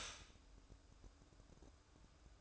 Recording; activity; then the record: daily activity, microphone in the room; stop toaster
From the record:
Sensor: 2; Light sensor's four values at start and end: 6/14/6/6 and 6/14/6/6